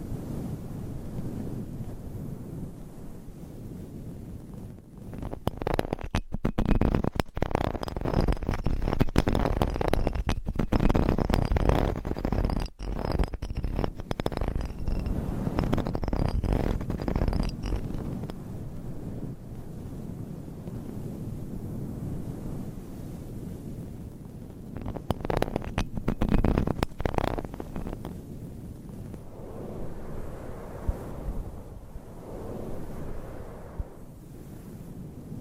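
Fingernails scratch and rub across microphone covers in rough, crackling bursts. A dense stretch of fast scraping runs from about 5 to 18 seconds, with a quieter, hissing rub before it. A shorter burst comes near 25 seconds, then softer rustling continues to the end.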